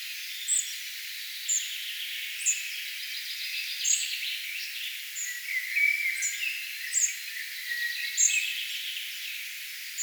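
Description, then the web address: Spotted flycatcher song of brief, thin, high-pitched notes repeated at short intervals over steady background noise. Singing bird, recorded 4 June 2025. "paivat 4 6 2025 harmaasieppo laulaa"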